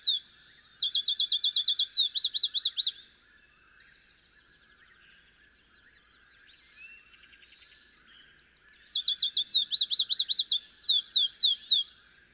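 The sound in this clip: Field sparrow, two songs of rapid clear whistles, each changing partway to slower slurred notes, with soft chips and trills of other birds between.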